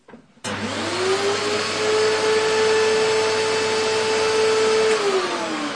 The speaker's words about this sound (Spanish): Pero su mamá estaba usando la aspiradora.